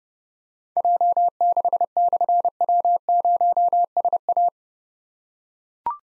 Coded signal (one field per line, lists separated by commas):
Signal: Morse code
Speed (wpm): 28 wpm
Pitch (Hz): 700 Hz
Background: none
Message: J6/W0SA